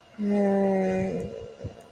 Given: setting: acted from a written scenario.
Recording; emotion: vocal sound without words; shame